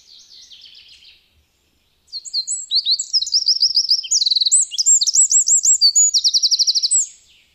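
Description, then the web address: Eurasian wren song, a faint wren-like phrase at first, then after a pause a loud, fast outpouring of high twittering notes, looped trills and a hard buzzy rattle. "agykontroll Madardalok Cd 1. Ökörszem"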